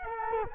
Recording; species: mosquito wingbeat signal from an infrared sensor; Culex quinquefasciatus